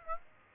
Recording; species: mosquito wingbeat signal from an infrared sensor; Aedes aegypti